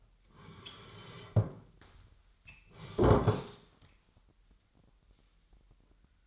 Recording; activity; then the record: daily activity, microphone in the room; sit down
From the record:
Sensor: 3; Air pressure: 998.6 hPa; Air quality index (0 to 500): 127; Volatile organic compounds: 3 ppm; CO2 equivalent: 1517 ppm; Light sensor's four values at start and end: 7/17/7/8 and 7/17/7/8